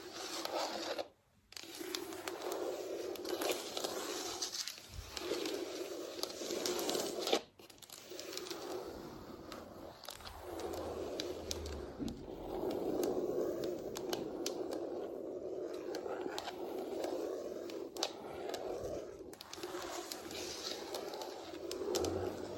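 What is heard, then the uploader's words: Fake nails scratch across a floor in a continuous rasping stream, with quick, busy strokes that rarely let up. Brief silent gaps break in near 1 and 7 seconds, and faint low thumps turn up now and then beneath the scraping. ASMR Floor Scratching with Fake Nails.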